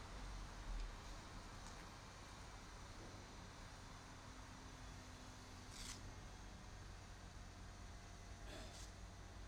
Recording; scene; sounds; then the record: everyday scene through a hearing-aid microphone; in traffic; traffic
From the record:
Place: bus stop on a city main road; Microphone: in the ear canal, right